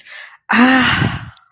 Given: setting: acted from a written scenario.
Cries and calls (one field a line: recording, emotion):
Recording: vocal sound without words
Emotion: contentment